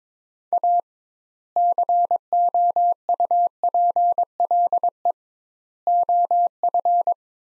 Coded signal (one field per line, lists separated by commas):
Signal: Morse code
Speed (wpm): 21 wpm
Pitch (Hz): 700 Hz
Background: none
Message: A COUPLE OF